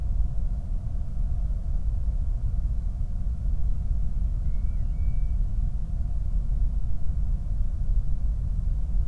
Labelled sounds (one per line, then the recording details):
loon
flare stack
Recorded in the Prudhoe Bay oil fields, Alaska, on 8 July 2019 at 00:00
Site 25